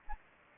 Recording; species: mosquito wingbeat signal from an infrared sensor; Anopheles gambiae